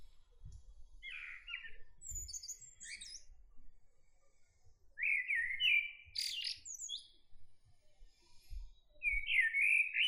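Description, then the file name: Common blackbird song: several fluted warbling phrases with thin high twittering notes, and a few soft low thumps. "Turdus merula"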